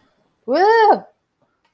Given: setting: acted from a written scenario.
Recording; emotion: vocal sound without words; triumph